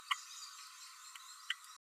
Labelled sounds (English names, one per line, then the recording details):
Green-rumped Parrotlet babbling
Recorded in a nest box in Venezuela
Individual 18B12A1